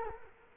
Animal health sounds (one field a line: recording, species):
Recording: mosquito wingbeat signal from an infrared sensor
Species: Culex quinquefasciatus